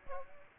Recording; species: mosquito wingbeat signal from an infrared sensor; Aedes aegypti